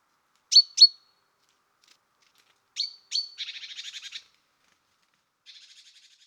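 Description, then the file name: Great tit calls: two pairs of sharp, high chipping notes followed by a dry, buzzy churring rattle lasting about a second, then a fainter churr near the end. "Parus major"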